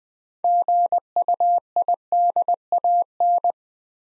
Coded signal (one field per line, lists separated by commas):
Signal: Morse code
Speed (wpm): 20 wpm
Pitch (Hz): 700 Hz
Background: none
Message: GUIDAN